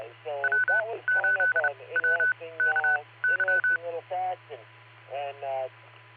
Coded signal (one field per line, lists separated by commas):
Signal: Morse code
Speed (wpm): 30 wpm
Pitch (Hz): 1500 Hz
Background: speech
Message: W8WKY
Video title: Barometer Net sponsored by Silvercreek Amateur Radio Assoc. 147.39+ repeater 114.8 PL 7AM, 12-20-25